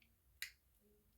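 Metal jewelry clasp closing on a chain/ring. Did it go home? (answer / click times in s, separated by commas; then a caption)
yes / 0.4 s. A metal jewelry clasp on a chain or ring is snapped shut, giving one crisp, bright click at 0.4 seconds that rings briefly before fading into quiet. The click confirms the clasp has closed.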